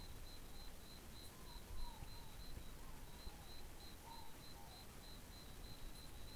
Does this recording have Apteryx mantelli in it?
no